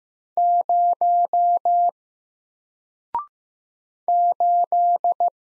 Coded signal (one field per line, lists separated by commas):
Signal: Morse code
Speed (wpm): 15 wpm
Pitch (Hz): 700 Hz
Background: none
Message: 0 8